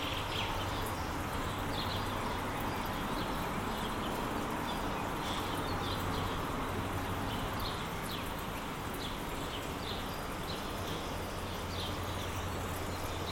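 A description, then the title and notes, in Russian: Outdoor sounds of nature mix with the movement of traffic. A steady, dense wash of road noise with a low hum fills the whole stretch, while brief bright chirps, likely birds, recur every second or so above it throughout. 3D саундскейп передаёт атмосферу майского утра г. Звуки природы гармонично переплетены с движением цивилизации.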